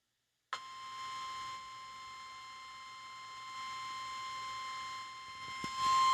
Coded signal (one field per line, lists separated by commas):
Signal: Emergency Alert System (SAME) tones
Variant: 1050 Hz attention tone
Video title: EAS Severe Thunderstorm Warning Pittsburgh SVRPBZ July 25, 2016